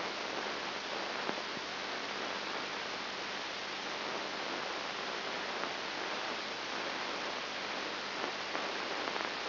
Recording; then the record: brain microelectrode recording played as sound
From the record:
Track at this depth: inside the subthalamic nucleus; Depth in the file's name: 4.701 mm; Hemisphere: left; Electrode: 3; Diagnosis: Parkinson's disease